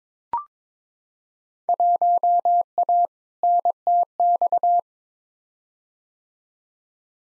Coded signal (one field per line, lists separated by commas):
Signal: Morse code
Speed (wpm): 22 wpm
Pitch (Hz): 700 Hz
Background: none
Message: 1A NTX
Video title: Field Day Exchange v2 - 22wpm